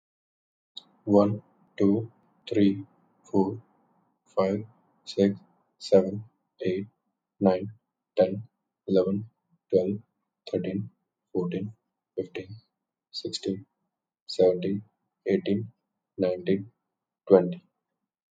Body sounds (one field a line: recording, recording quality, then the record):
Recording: counting at a normal pace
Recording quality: excellent, no background noise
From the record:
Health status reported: healthy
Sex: male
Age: 29 years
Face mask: not worn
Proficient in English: yes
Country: India